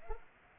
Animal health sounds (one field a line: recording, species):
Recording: mosquito wingbeat signal from an infrared sensor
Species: Culex pipiens